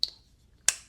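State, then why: Seated. A slip joint pocket knife with a steel blade and a red G10 liner has its blade snapped open and then shut against the backspring. A sharp click at 0.0 s marks the blade snapping into its open position, and a second, slightly brighter snap at 0.7 s marks it closing. Both clicks ring briefly in the high frequencies before fading.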